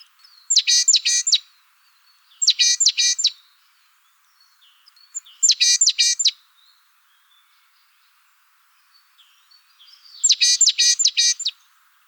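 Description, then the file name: Great tit calls: four crisp bursts of several buzzy, stacked notes, the first two close together, then longer silent pauses before the last two. "Parus major"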